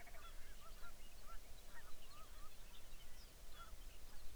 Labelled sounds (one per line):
songbird
waterfowl
grouse or ptarmigan